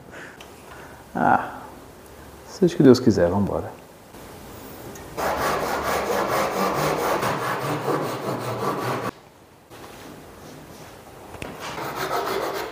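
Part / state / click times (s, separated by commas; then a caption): wooden frame piece into mating mitered frame piece / not seated / none. A wooden frame piece is handled against its mating mitered frame piece after the ends were sanded, ready for a dry fit at the miter joint. Someone talks, followed by a few seconds of steady rubbing or sawing-like scraping on wood and brief light knocks. Nothing has seated or clicked yet, and the joint is not yet home.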